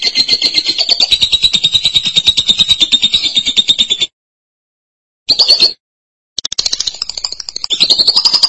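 Lovebird song: long, rapid buzzy chattering trill around a high pitch, broken by short pauses and a brief burst before resuming.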